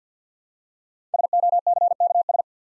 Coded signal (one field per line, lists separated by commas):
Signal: Morse code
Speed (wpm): 47 wpm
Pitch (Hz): 700 Hz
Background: none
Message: SOCKS